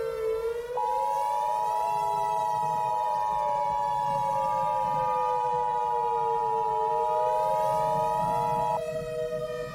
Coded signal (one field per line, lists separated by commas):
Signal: Emergency Alert System (SAME) tones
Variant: 853 and 960 Hz attention tone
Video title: Yellowstone. An EAS Scenario.